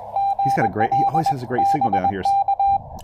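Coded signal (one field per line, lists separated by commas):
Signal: Morse code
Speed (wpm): 21 wpm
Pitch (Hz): 790 Hz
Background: speech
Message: GL BK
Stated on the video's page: QRP Parks on the Air activation with a TR-45L transceiver.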